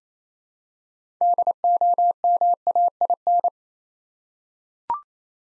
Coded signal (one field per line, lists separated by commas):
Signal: Morse code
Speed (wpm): 28 wpm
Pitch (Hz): 700 Hz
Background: none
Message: DOMAIN